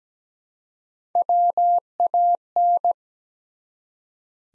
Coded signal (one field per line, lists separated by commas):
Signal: Morse code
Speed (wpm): 17 wpm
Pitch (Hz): 700 Hz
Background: none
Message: WAN